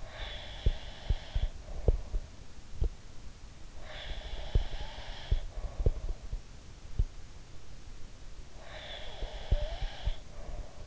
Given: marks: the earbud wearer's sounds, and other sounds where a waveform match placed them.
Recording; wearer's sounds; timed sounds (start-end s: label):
sounds in sleep by an in-ear microphone; breath
0.00-2.39 s: breath
0.58-2.91 s: sound from someone else or the room
3.75-6.25 s: breath
4.07-7.06 s: sound from someone else or the room
8.53-10.87 s: breath
9.20-10.87 s: sound from someone else or the room